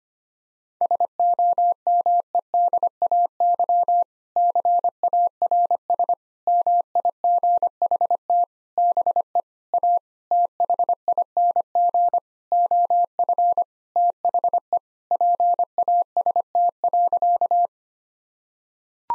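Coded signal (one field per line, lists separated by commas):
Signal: Morse code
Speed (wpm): 25 wpm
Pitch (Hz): 700 Hz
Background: none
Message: SOMEDAY CARS MIGHT BE A THING OF THE PAST.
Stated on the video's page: Morse practice sentences with common six-word phrases at 25 wpm for head-copy, each sent twice.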